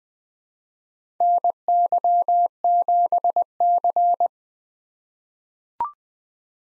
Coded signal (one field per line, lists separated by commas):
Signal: Morse code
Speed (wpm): 20 wpm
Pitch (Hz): 700 Hz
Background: none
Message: NY7C